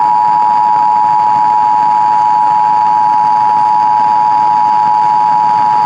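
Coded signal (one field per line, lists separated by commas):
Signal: Emergency Alert System (SAME) tones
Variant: 853 and 960 Hz attention tone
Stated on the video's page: Required monthly tests recorded off air with an SDR from several FM radio and TV stations.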